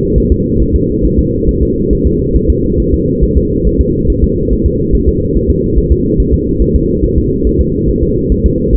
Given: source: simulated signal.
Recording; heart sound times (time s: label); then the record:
fetal heart sounds
0.18 s: S1
0.32 s: S2
0.62 s: S1
0.76 s: S2
1.05 s: S1
1.19 s: S2
1.49 s: S1
1.63 s: S2
1.93 s: S1
2.07 s: S2
2.36 s: S1
2.50 s: S2
2.80 s: S1
2.94 s: S2
3.23 s: S1
3.37 s: S2
3.67 s: S1
3.81 s: S2
4.10 s: S1
4.24 s: S2
4.53 s: S1
4.66 s: S2
4.95 s: S1
5.09 s: S2
5.37 s: S1
5.51 s: S2
5.78 s: S1
5.92 s: S2
6.20 s: S1
6.34 s: S2
6.62 s: S1
6.76 s: S2
7.04 s: S1
7.18 s: S2
7.47 s: S1
7.61 s: S2
7.89 s: S1
8.03 s: S2
8.32 s: S1
8.46 s: S2
8.75 s: S1
From the record:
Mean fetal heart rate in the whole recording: 140 bpm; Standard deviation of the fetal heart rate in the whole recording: 2 bpm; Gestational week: 34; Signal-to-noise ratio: -10.2 dB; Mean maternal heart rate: 72 bpm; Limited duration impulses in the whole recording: present